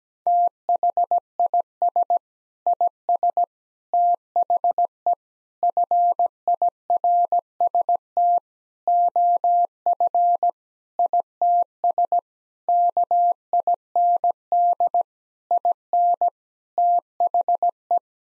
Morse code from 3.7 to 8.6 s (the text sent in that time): THE FIRST